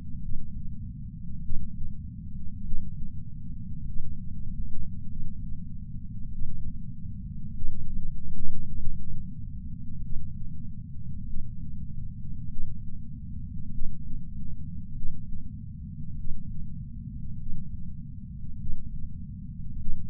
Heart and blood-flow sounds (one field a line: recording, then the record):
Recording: heart sounds by patch sensor on the chest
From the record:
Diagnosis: coronary artery disease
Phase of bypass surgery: intraoperative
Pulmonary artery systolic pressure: 33 mmHg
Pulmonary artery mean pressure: 24 mmHg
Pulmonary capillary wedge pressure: 16 mmHg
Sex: male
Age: 71 years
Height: 160 cm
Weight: 67 kg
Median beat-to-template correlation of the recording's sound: 0.94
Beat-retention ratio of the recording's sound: 0.98